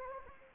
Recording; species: mosquito wingbeat signal from an infrared sensor; Anopheles gambiae